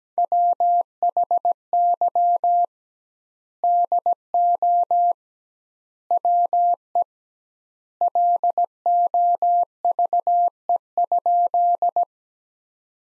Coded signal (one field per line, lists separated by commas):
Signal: Morse code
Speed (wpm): 17 wpm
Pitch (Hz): 700 Hz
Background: none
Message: WHY DO WE LOVE?